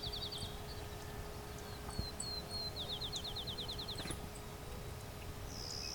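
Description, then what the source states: Clay-colored Sparrow giving dry buzzy series of quick pulsed notes at a high pitch, against constant hum and faint outdoor noise. Late June morning along a hydro corridor near Westover, Ontario, in open thicket mixing field and shrubs; western bird spreading east, occasionally hybridizes with field sparrows.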